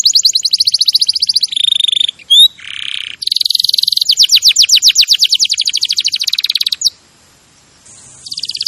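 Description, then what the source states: Canary singing fast varied tours: quick trills, a buzzy burst, a rolling sweep series, then a short pause and renewed trilling. Champion canary song used as a master recording for training other birds.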